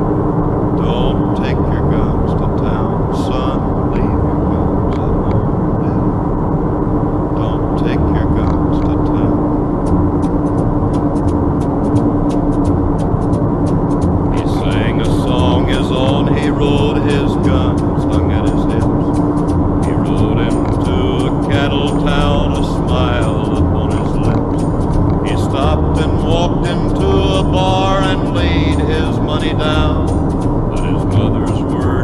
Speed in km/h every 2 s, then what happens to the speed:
75, 74, 72, 72, 70, 69, 68, 69, 69, 70, 68, 67, 67, 65, 64, 62.
0-32 slows to 62.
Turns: none.